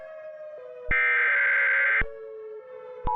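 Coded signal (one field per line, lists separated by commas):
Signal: Emergency Alert System (SAME) tones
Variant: header bursts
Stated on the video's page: Simulated EAS alert, a mock scenario remade in a longer version.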